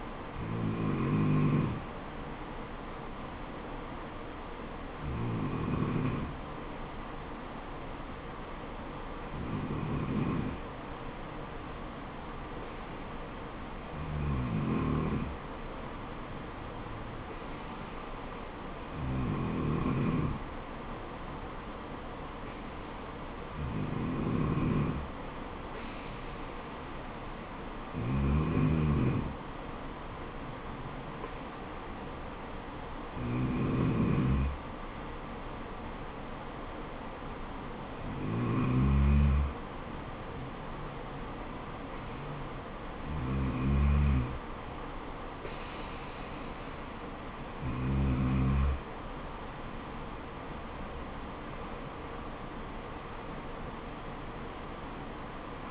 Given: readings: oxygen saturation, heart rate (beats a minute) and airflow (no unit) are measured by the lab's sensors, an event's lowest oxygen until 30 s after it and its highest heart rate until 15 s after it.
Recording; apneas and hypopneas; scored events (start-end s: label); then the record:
breathing in sleep by a voice recorder at the bedside; none
none scored
From the record:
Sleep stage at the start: N2 (light sleep); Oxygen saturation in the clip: 93 to 94%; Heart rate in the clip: 63 to 76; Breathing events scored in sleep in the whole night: 426 in 7.4 hours asleep